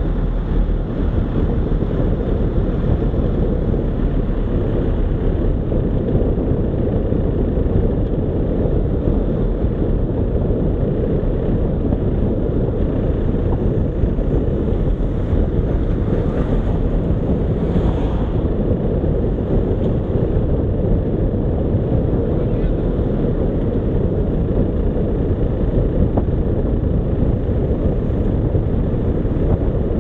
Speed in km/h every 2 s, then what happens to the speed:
34, 33, 33, 33, 33, 32, 33, 33, 33, 32, 33, 32, 34, 35, 35.
0-30 steady at about 33.